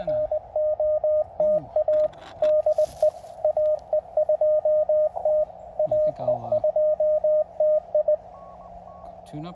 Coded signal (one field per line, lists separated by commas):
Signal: Morse code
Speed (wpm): 20 wpm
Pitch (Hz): 610 Hz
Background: speech, radio noise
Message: NOTA DE AE2T AE2T I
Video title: POTA QRP CW Cootie activation of White Pines State Forest, K-1031 using QRP-Labs QCX transceivers